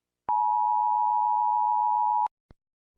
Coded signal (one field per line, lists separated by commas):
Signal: Emergency Alert System (SAME) tones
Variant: 853 and 960 Hz attention tone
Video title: USA EAS Alarm